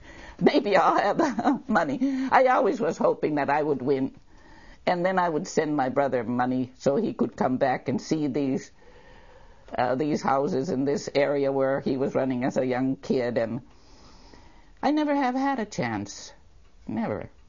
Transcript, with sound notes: maybe I'll have money. (laughs) I always was hoping that I would win, and then I would send my brother money so he could come back and see these - these houses and this area where he was running as a young kid and - I never have had a chance, never.